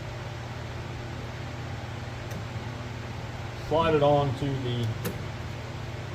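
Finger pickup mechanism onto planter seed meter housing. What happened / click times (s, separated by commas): The part is only being handled and lined up, not yet seated / none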